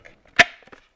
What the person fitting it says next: Clicked in place just like that.